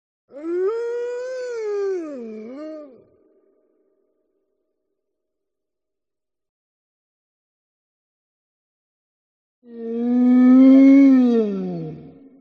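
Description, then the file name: Wolf howling in two long tonal calls: the first wavers and dips at its end, and the second, lower one swells and then slides downward. "audio hero Wolf"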